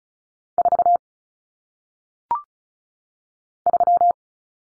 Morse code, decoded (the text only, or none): 4 3